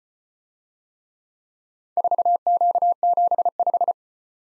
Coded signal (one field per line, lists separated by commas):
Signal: Morse code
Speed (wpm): 33 wpm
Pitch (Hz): 700 Hz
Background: none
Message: 4Q75